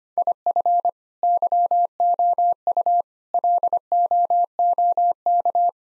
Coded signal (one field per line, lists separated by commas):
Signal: Morse code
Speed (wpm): 25 wpm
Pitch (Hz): 700 Hz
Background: none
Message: IF YOU LOOK